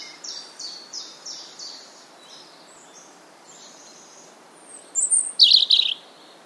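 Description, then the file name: European robin giving a run of short, high, thin notes, then fainter notes, ending in a louder burst of sharp high notes over steady background hiss. "Erithacus rubecula"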